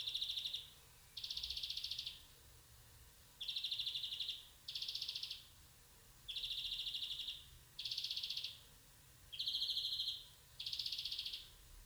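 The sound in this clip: European greenfinch calling steadily in a long series of short buzzy trills, about eight bursts of rapid pulsed notes with brief gaps.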